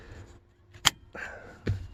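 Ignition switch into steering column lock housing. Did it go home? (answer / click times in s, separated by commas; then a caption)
yes / 0.9 s. A replacement ignition switch for a 2013 Ford F150 is lined up on the steering column lock housing and pushed in until it seats with a loud, sharp click at 0.9 s. Softer handling noises follow, including another short knock at 1.7 s, and the switch is clicked into place.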